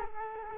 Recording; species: mosquito wingbeat signal from an infrared sensor; Culex quinquefasciatus